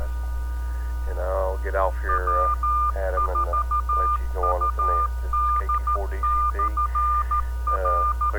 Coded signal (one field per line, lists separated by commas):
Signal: Morse code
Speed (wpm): 13 wpm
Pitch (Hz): 1200 Hz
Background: speech, music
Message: W4UD/R